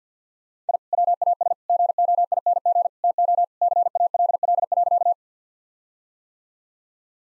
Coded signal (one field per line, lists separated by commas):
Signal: Morse code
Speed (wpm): 50 wpm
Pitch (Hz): 700 Hz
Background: none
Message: I WAS GOING TO CALL.